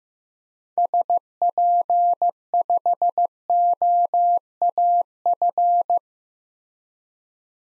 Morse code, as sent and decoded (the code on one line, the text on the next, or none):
... .--. ..... --- .- ..-.
SP5OAF